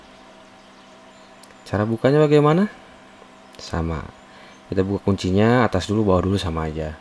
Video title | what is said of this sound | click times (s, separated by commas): Cara Memasang RAM Komputer - Gimana cara pasang RAM | kita tekan, bisa ditekan juga tengahnya supaya memastikan terkunci dengan sempurna. | 1.4 s